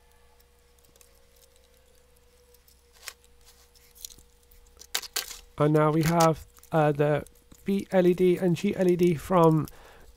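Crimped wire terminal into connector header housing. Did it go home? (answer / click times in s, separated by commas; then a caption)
yes / 5.0 s. During a CDJ-1000 MK3 MIDI conversion, a crimped wire terminal is pushed into the back of a plastic header connector housing until it latches, with a sharp click at 5.0 s after a few quieter ticks around 3.1 and 4.0 seconds. The terminal is seated, and someone then talks.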